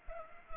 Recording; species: mosquito wingbeat signal from an infrared sensor; Culex pipiens